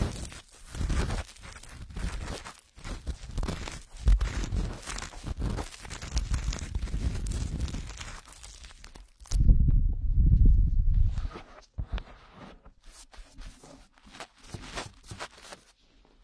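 Ear cleaning sounds: dense scratching and rustling bursts with deep muffled thumps, strongest in the first nine seconds. Around ten seconds comes a heavier, dull rubbing, then sparser, sharper scrapes and clicks to the end.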